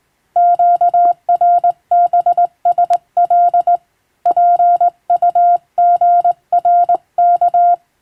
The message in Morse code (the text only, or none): QRBSL PUGRK